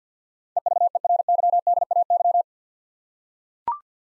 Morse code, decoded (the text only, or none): EVERYDAY